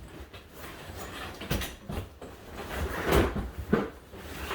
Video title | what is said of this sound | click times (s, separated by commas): Flip Over Ice Fishing Shelter Modifications (Trick Your Trap) | pull these out and they snap into place it's pretty typical for most of these pop-ups | 1.4 s, 3.7 s